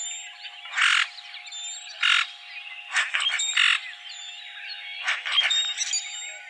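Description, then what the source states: Common grackle calls: several harsh, grating squawks in uneven succession, over a faint steady tone. Recorded on 7 January 2007.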